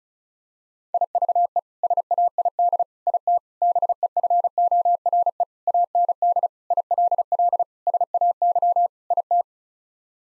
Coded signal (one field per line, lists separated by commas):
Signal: Morse code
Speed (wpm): 34 wpm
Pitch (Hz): 700 Hz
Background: none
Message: IVE SAID IT BEFORE AND ILL SAY IT